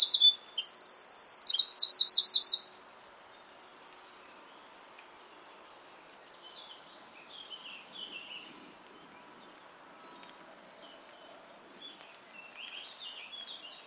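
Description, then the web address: Bird calling with a high burst of chirps followed by a fast trill, then faint scattered high notes in an otherwise quiet background. "cianscape birddata Deverinetal 2025"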